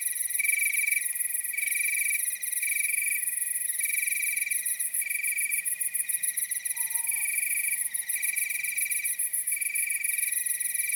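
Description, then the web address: Cricket chirping in steady high-pitched pulsed bursts separated by short gaps, with a faint whistled tone briefly sliding down in the background. Nocturnal wasteland soundscape at night. "Nature Chill Out 2014. Toads, Nighthawks and Crickets"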